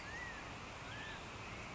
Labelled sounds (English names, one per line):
California Quail